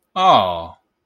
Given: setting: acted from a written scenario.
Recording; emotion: vocal sound without words; adoration